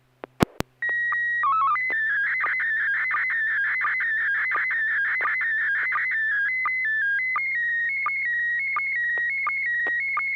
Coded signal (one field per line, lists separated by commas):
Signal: SSTV (slow-scan television)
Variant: PD 90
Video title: N6NA SSTV Net - 05/08/2024